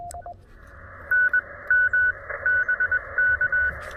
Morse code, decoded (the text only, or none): NM BK